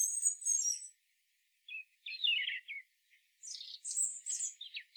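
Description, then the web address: European robin song: thin, high warbling phrases separated by short pauses, sparkling notes jumping between high and very high pitches. "SETE data Erithacus rubecula"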